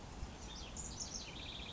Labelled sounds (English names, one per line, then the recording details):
House Wren
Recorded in Sonoma County, California